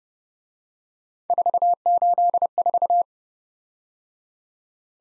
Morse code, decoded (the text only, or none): 484